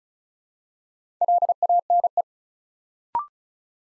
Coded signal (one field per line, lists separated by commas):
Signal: Morse code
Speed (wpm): 35 wpm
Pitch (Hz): 700 Hz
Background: none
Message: LANE